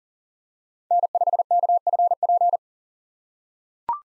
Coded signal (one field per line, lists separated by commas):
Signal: Morse code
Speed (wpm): 38 wpm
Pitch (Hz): 700 Hz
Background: none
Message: N5KFP